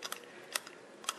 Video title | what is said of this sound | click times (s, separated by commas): Modeling screw threads for 3d printing and manufacture, Part 3 | and i even put a little detent on there you can hear it clicking as it winds up and as you can see it screws all the way on there | 0.1 s, 0.6 s, 1.1 s